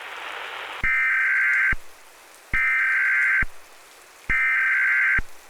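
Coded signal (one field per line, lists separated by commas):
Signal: Emergency Alert System (SAME) tones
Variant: header bursts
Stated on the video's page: Simulated alert in an analog horror radio drama set in a radio station; not AI generated.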